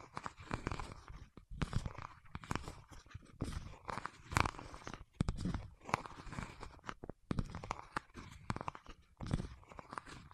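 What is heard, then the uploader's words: Fingertips press and pull at wax in quick, sticky crackling bursts, an irregular run of crunchy clicks broken by brief silent gaps. ASMR with Wax Fingertips for Sleep (No Talking).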